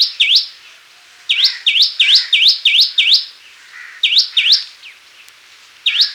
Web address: Common Tailorbird Song